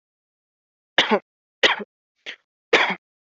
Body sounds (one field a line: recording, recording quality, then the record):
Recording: shallow voluntary cough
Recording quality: excellent, no background noise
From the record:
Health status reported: healthy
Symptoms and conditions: none ticked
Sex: male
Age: 26 years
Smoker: not ticked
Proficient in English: yes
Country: India